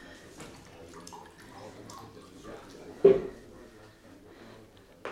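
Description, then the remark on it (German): Whisky is poured into a glass: a short, sudden splash rises sharply and fades within a second, set against a low, steady murmur of background voices. “Lassen Sie, ich brauche einen kleinen Tropfen.”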